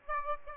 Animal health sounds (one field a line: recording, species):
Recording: mosquito wingbeat signal from an infrared sensor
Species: Aedes aegypti